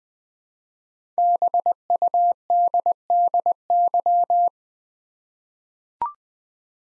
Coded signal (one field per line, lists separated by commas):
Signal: Morse code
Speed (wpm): 20 wpm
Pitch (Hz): 700 Hz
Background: none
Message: BUDDY